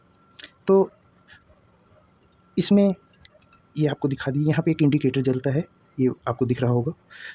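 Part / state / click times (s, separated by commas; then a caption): locking ring on a folding cordless screwdriver body / seated / 0.4 s. A black locking ring on a folding cordless screwdriver body is slid upward, the inner part slides in, and the ring is released so it snaps back and locks the tool into its straight screwdriver shape, with short sharp snaps at 0.4 s and 0.4 s. Someone talks through the rest of the clip. The collar is seated and locked.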